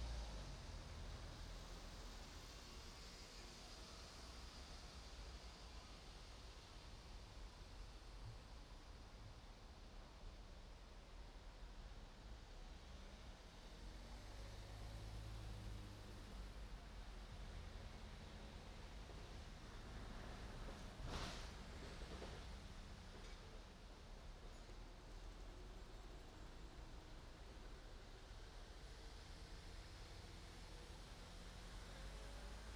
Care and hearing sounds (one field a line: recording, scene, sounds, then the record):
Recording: everyday scene through a hearing-aid microphone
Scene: in traffic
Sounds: traffic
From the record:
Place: main road on the outskirts, rush hour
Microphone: in the ear canal, right